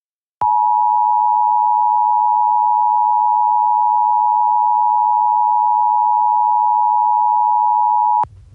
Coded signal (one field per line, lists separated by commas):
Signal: Emergency Alert System (SAME) tones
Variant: 853 and 960 Hz attention tone